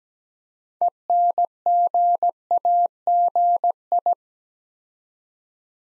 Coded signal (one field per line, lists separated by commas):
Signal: Morse code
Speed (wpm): 17 wpm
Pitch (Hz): 700 Hz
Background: none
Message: ENGAGI